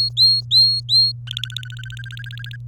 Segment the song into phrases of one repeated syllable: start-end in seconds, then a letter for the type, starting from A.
0.00-1.12 A, 1.27-2.56 B